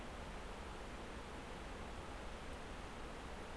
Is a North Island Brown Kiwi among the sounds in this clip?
no